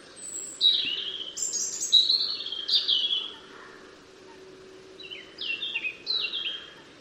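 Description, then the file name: European robin song in two bursts of high, clear, descending whistled notes, the first spread over about three seconds and the second after a short pause, over a soft hum. "Erithacus rubecula"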